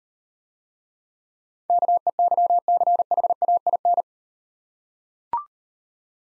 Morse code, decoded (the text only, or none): KEYCHAIN